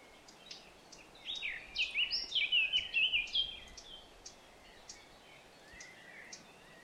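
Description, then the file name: Eurasian blackcap song: a brisk burst of loud, fluty warbling notes lasting about two seconds, then quieter scattered chirps against a steady hiss. "Sylvia atricapilla"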